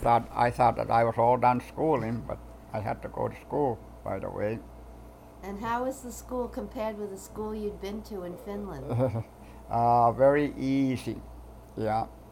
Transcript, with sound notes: I thought, I thought that I was all done schooling, but I had to go to school right away.
And how was the school compared with the school you had been to in Finland?
(he laughs) Very easy. Yeah.